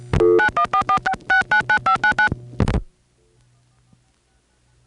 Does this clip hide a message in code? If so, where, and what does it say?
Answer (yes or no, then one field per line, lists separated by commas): yes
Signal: DTMF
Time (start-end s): 0.4-2.3 s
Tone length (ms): 100 ms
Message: 9144 699599